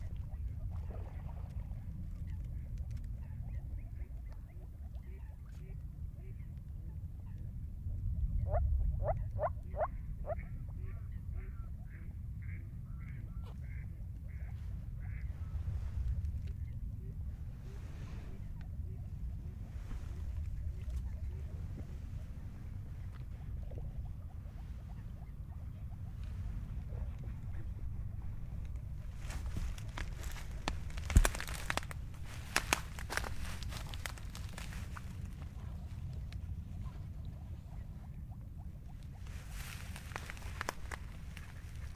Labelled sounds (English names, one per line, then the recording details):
Moor Frog call
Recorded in the wild
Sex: male
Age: adult
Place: Kützerhof, Kummerower See, Mecklenburg-Vorpommern, DE
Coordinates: 53.8497, 12.8825
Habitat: wetland
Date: 2010-04-13 21:35
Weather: klare Nacht, 8°C, windstill, Wassertemperatur 9,8°C
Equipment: Sound Devices 702, zwei Sennheiser MKH 40, Rycote Windschutz
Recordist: Frommolt, Karl-Heinz